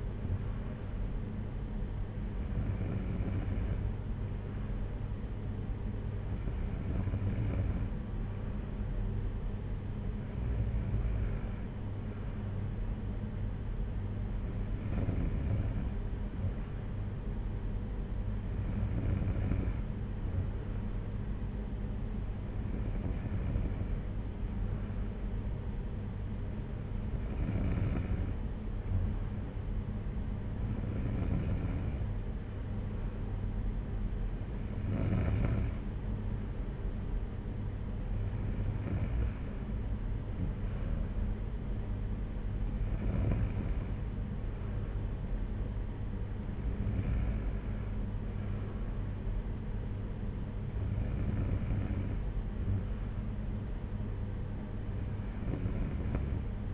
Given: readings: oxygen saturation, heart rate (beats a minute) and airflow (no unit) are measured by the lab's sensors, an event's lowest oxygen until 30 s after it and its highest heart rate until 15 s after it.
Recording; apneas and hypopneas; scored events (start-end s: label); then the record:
breathing in sleep by a smartphone at the bedside; none
none scored
From the record:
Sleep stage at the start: N2 (light sleep); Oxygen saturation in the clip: 93 to 94%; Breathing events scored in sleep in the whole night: 226 in 8.8 hours asleep